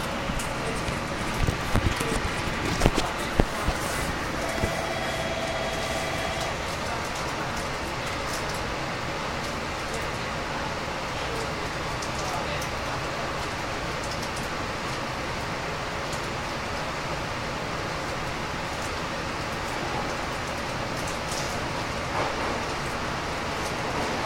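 Inside a local train on the Nippō Line, a steady rumbling roar fills the whole clip with little change. In the first few seconds a cluster of sharp clicks and knocks stands out, and a brief tone sounds around five seconds.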